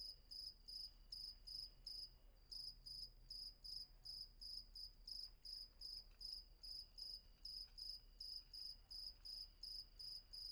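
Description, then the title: Cricket chirping in high, buzzy pulse bursts repeated quickly, over a faint steady high tone. Night ambience with crickets at Vagia, Patmos, Greece; recorded with Fostex FR-2 and MKH800 microphone. "Patmos, Vagia, Griechenland - Nachtsimmung 03, Grillen"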